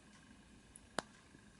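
A plastic beam saber part from an MG Nu Gundam ver.Ka model kit is pressed into its holder. A faint click at 0.8 seconds is followed by a sharp, louder snap at 1.0 seconds against quiet background noise. The part seats in its holder.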